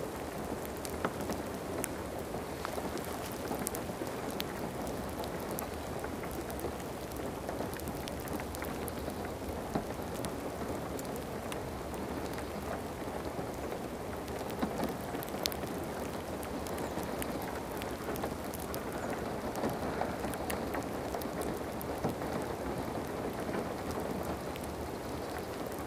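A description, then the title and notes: Gentle rain falls steadily, a dense, even hiss of drops with most of its weight in the low and middle range. Brief brighter taps of individual drops stand out now and then. The level barely changes across the whole stretch. Gentle Rain ASMR.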